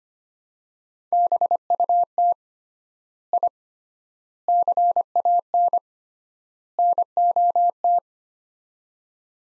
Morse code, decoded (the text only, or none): BUT I CAN NOT